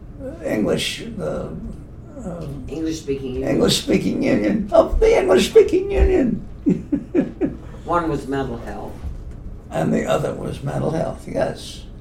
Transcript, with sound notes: English-speaking union.
English-speaking union. The English-speaking union. [laughs]
One was mental health.
And the other was mental health, yes.